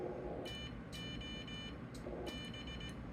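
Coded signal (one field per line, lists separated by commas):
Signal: Morse code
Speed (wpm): 18 wpm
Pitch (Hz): 2400 Hz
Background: none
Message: TO B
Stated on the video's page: CW contact on a Flex 1500, keyed with a WinKeyer.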